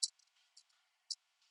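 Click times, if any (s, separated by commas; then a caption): none. A GaggiMate smart-controller enclosure part is handled against its mount on a Rancilio Silvia espresso machine during its smart upgrade, giving a few short, bright plastic ticks near 0.0, 0.6 and 1.1 seconds with faint rustling between them. Nothing has seated or clicked into place yet.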